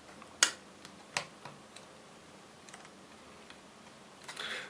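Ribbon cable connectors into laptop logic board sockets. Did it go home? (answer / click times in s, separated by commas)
yes / 0.4 s, 1.2 s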